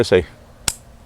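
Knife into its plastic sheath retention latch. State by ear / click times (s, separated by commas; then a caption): seated / 0.7 s. Someone talks briefly, then a Glock fixed-blade survival knife is pushed into its plastic sheath. The sheath's retention latch catches the handguard with a sharp, distinct click at 0.7 s, and the knife is locked in.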